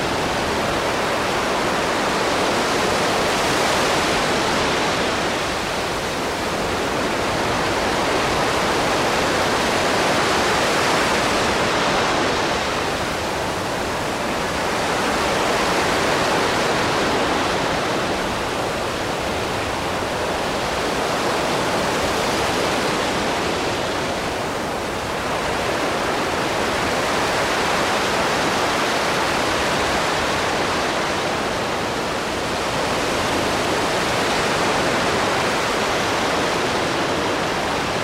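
Ocean waves roll in as a steady, dense hiss of surf that swells and eases about every six or seven seconds. The rush is full and bright, with a soft low rumble underneath, and it never drops away between swells.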